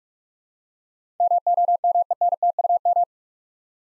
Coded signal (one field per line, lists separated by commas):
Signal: Morse code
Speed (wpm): 43 wpm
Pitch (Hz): 700 Hz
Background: none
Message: MOMENTUM